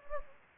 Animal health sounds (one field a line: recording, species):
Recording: mosquito wingbeat signal from an infrared sensor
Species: Anopheles gambiae